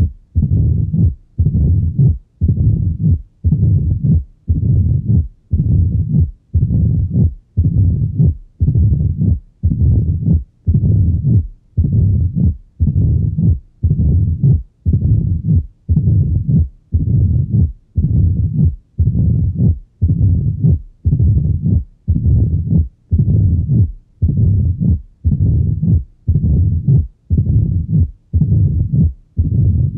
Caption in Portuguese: Som de Estenose Mitral. A estenose mitral, classicamente causa um sopro diastólico tipo ruflar , que, na presença de ritmo sinusal vem acompanhado de um reforço pré-sistólico (pelo aumento do fluxo transmitral durante a contração atrial).